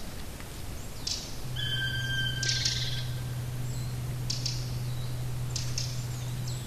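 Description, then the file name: Black woodpecker giving one sustained ringing call over a constant low droning hum, with scattered faint high bird notes. "patrick franke-schwarzspecht-black woodpecker-dryocopus martius"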